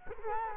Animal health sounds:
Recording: mosquito wingbeat signal from an infrared sensor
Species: Culex quinquefasciatus

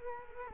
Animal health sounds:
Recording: mosquito wingbeat signal from an infrared sensor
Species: Culex quinquefasciatus

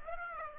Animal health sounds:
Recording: mosquito wingbeat signal from an infrared sensor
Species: Aedes aegypti

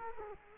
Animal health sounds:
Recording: mosquito wingbeat signal from an infrared sensor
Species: Culex quinquefasciatus

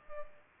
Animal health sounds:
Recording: mosquito wingbeat signal from an infrared sensor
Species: Culex pipiens

